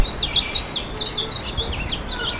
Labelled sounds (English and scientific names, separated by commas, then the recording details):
House Finch (Haemorhous mexicanus) song
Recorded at Oakdale on Long Island, New York, on 18 June 2013
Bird A